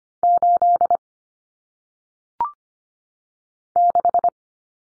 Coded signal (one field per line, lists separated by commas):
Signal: Morse code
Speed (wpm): 25 wpm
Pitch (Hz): 700 Hz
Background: none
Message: 8 6